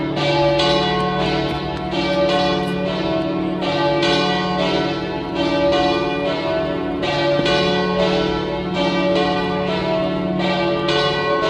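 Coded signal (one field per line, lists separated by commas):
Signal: bell signal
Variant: alla trevigiana peal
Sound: several large church bells swinging and striking in continuous overlapping peal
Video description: Battiore e distesa delle tre maggiori (dura circa un minuto e mezzo) delle 18:00 per la Messa prefestiva nella vigilia della solennità di Tutti i Santi, 31 ottobre 2018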